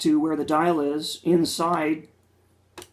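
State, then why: Seated. Someone talks for about two seconds, then at 2.8 s the flip-up plastic lid on the aircraft body of a 2009 toy Hunter-Killer vehicle is closed with a sharp, brief tick. The lid snaps shut and holds firmly in place.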